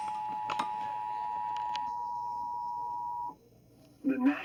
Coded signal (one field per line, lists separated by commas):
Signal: Emergency Alert System (SAME) tones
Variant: 853 and 960 Hz attention tone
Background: speech